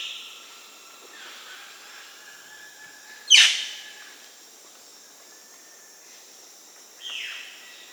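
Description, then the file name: Violaceous jay giving a loud, harsh, falling scream, then a softer one about four seconds later. Recorded in Peru; Amazon region. "Violaceous Jay (Cyanocorax violaceus), Peru"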